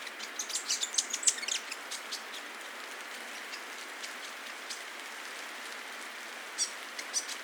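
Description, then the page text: Grey fantail giving a quick burst of high, thin chipping notes early on, then quiet hiss with a couple of faint chips near the end. "Rob van Bemmelen - Серая веерохвостка (Rhipidura fuliginosa)"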